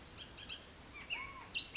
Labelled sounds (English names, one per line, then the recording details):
Bullock's Oriole
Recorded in Sonoma County, California